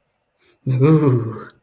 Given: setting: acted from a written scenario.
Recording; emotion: vocal sound without words; ecstasy